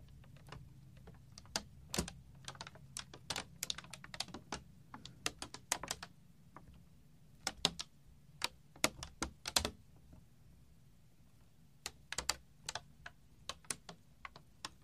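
A beaded string makes a clicky, clacky sound: quick, sharp clicks in irregular bursts, sometimes several in a rapid cluster, with brief pauses around 7 and 11 seconds. A soft low hum runs steadily underneath.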